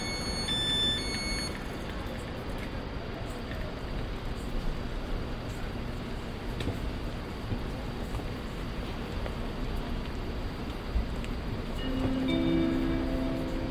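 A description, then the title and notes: Steady rumble of trains and crowd murmur at Cologne Central Station, with brief tonal chimes near the start and again around twelve seconds. Cologne Central Station | Train station sounds. Recorded on Cologne Central Station. Sound of trains, people and station announcements.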